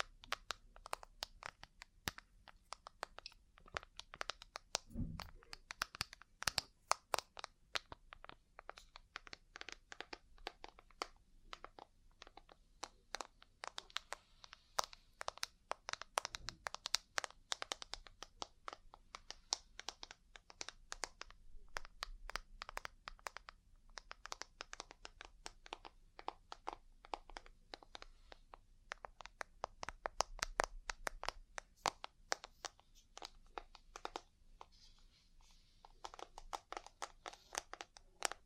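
Dense, rapid tapping and rubbing during ear cleaning and massage, crisp clicks and crinkles throughout, with a few low thumps near five and sixteen seconds.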